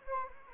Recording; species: mosquito wingbeat signal from an infrared sensor; Anopheles arabiensis